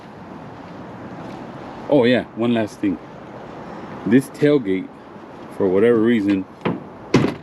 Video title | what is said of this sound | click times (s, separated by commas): Will it START ? FOX BODY MUSTANG Abandoned for 12 Years | it won't latch | none